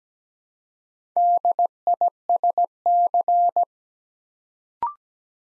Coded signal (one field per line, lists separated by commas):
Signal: Morse code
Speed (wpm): 17 wpm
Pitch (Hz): 700 Hz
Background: none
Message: DISC